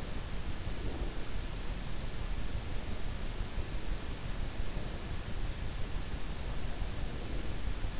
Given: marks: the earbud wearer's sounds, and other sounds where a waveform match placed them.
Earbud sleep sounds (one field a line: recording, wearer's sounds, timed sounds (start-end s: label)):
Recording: sounds in sleep by an in-ear microphone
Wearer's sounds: breath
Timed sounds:
0.65-1.33 s: breath